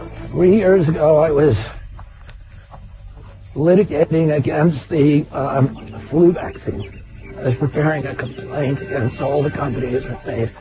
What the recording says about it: I was 42 years old. It's called spasmodic dystonia. So hard to understand him. It's hard to hear.